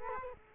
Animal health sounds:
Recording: mosquito wingbeat signal from an infrared sensor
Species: Culex quinquefasciatus

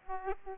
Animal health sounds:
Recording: mosquito wingbeat signal from an infrared sensor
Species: Aedes aegypti

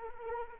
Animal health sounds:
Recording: mosquito wingbeat signal from an infrared sensor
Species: Anopheles arabiensis

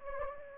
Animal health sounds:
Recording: mosquito wingbeat signal from an infrared sensor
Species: Anopheles gambiae

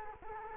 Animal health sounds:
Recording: mosquito wingbeat signal from an infrared sensor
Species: Culex quinquefasciatus

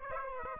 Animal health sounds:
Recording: mosquito wingbeat signal from an infrared sensor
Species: Aedes aegypti

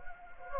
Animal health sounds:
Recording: mosquito wingbeat signal from an infrared sensor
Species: Anopheles gambiae

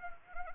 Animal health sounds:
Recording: mosquito wingbeat signal from an infrared sensor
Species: Anopheles arabiensis

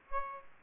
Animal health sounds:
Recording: mosquito wingbeat signal from an infrared sensor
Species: Aedes aegypti

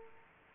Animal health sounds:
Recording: mosquito wingbeat signal from an infrared sensor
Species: Aedes aegypti

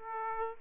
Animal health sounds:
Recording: mosquito wingbeat signal from an infrared sensor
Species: Aedes aegypti

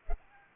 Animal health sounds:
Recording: mosquito wingbeat signal from an infrared sensor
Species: Culex pipiens

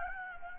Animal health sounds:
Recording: mosquito wingbeat signal from an infrared sensor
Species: Anopheles gambiae

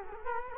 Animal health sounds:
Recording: mosquito wingbeat signal from an infrared sensor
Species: Culex quinquefasciatus

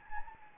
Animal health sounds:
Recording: mosquito wingbeat signal from an infrared sensor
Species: Anopheles gambiae

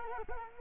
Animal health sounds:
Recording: mosquito wingbeat signal from an infrared sensor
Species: Culex quinquefasciatus

